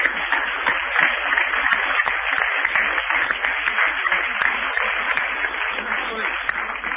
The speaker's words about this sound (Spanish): porque hasta las 12 vamos a seguir en vivo aquí en el Centro Cultural de la Cooperación, con este aplauso para nuestro gran invitado y para la gente de 360.